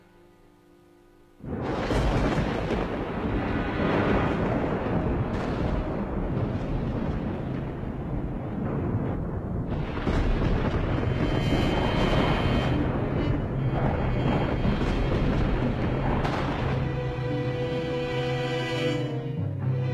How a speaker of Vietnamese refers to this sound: Bầu trời đêm bỗng đầu nổi lên một cơn sấm sét.